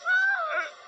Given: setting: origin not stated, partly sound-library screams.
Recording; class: one-second piece from a danger detection set; woman in danger